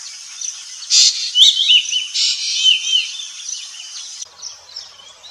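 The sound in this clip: Bird chirps, short high curved notes amid bursts of hissing noise, fading toward the end.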